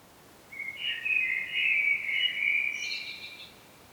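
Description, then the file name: Common blackbird producing one continuous scratchy, quavering phrase lasting about three seconds that rises slightly at its close; the background is otherwise quiet. "Turdus merula"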